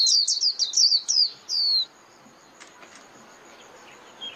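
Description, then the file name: White-eye calls: a rapid stutter of about seven high slurred chirps, one longer falling whistle, then near silence with faint hiss. Lure call (mồi) used for trapping white-eyes. "Tieng khuyen moi"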